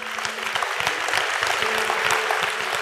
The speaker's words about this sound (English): Church, can we clap for them? Can we clap wildly for them?